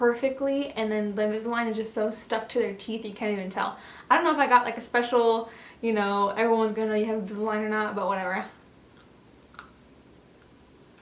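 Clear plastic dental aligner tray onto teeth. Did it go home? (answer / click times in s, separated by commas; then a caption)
yes / 9.6 s. Someone talks for the first eight and a half seconds. After a pause, a clear plastic Invisalign dental aligner tray is pushed onto the teeth, with a few faint ticks and then a sharp, small click at 9.6 s as the tray seats into place.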